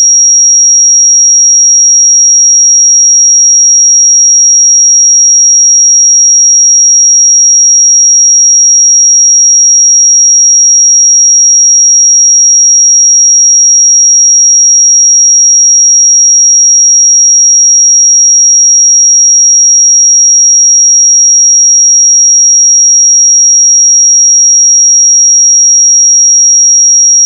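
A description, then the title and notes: A steady, piercing 5652 Hz pure sine tone holds unchanged at one level for the whole clip, with nothing else audible. 5652 Hz 1 Hz Interval Sine Pure Tone Frequency 441000 Sample Mono.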